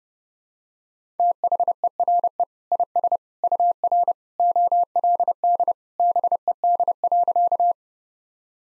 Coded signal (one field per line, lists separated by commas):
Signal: Morse code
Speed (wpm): 31 wpm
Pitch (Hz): 700 Hz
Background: none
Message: THERE IS UR OLD BED.